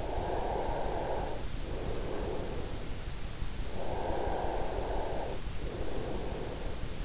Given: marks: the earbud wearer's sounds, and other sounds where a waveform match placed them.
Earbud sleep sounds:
sounds in sleep by an in-ear microphone; breath
0.06-3.06 s: breath
4.06-7.05 s: breath

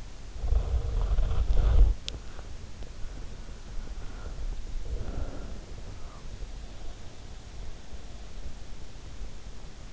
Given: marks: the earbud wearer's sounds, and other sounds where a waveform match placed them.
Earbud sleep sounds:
sounds in sleep by an in-ear microphone; body movement, breath
0.00-2.66 s: body movement
3.76-7.58 s: breath

